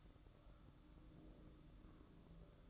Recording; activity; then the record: daily activity, microphone in the room; take from stove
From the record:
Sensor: 3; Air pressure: 1008.0 hPa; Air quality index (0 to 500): 123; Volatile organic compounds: 2 ppm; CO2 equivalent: 1021 ppm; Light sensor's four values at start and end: 8/20/8/8 and 8/20/8/8